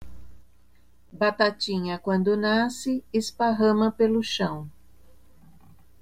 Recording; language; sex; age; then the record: short text; Brazilian Portuguese; female; 50 to 59 years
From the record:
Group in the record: control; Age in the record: 56 years